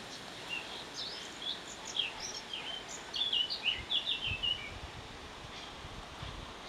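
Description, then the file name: Eurasian blackcap song, a few seconds of fast, varied high notes over a constant background hiss. "Sylvia atricapilla"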